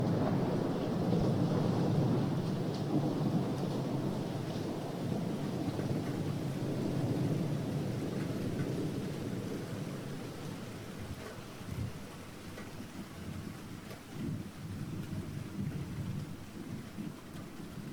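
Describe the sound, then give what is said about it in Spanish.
Steady heavy rain patters on a roof while deep thunder rumbles and rolls through the first half, easing into a softer, continuous downpour with occasional low rumbles. “Cuando es de noche, a muchas personas nos gusta también escuchar la lluvia en el tejado o el sonido de la tormenta.”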